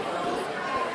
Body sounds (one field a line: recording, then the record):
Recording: coughing mixed with background sound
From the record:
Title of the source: Coughing 77